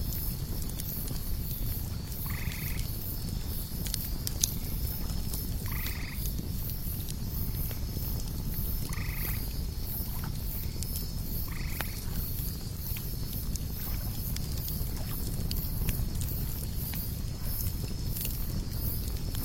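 A campfire crackles by a lake at night, with scattered sharp pops over a steady low rumble. Cicadas hold a constant high buzz throughout, and a frog-like croak repeats about every three seconds, regular.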